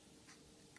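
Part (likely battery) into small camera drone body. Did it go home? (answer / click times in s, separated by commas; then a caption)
no / none. A part, most likely the flight battery, is being pushed by hand into its slot in the plastic body of a DJI Mini 2 small camera drone, following the manual. Faint handling noise and a couple of soft, light ticks are heard. Nothing has seated or clicked into place yet.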